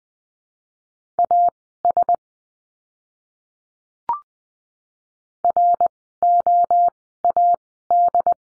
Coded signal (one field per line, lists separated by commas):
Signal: Morse code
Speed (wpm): 20 wpm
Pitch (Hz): 700 Hz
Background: none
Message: AS ROAD